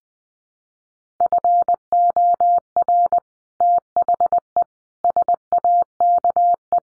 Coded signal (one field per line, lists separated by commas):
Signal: Morse code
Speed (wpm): 20 wpm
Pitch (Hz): 700 Hz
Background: none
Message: FOR THE SAKE